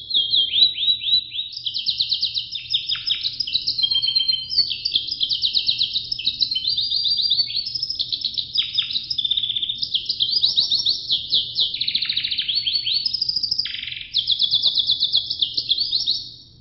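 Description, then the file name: Russian canary singing nonstop for over sixteen seconds, rapid trills and rattling rolls alternating quickly, some notes sweeping down, steady low hum underneath. Sanger × Russian canary cross. "suara sangerxkenarirusia"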